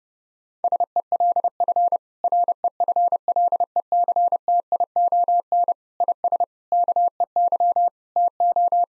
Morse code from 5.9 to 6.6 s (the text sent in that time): IS